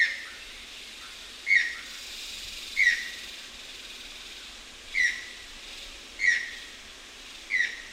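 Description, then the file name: Channel-billed Toucan uttering clipped, slightly yelping notes at uneven intervals of one to two seconds, five calls in all, against a soft background hiss. Recorded 31 October 2001. "2001-10-31 Channel-billed Toucan"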